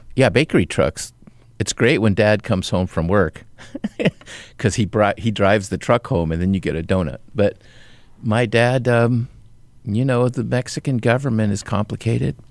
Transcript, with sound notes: yeah, bakery trucks - it's great when Dad comes home from work (laughter) because he drives the truck home, and then you get a donut. But my dad - you know, the Mexican government is complicated.